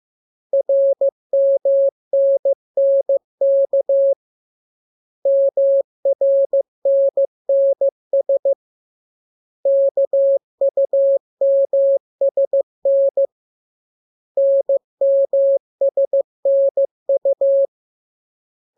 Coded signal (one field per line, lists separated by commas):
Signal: Morse code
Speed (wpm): 15 wpm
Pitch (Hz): 550 Hz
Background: none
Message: RMNNK MRNNS KUMSN NMSNU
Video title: Learning Morse Code. Lesson 6. Letter KMURES N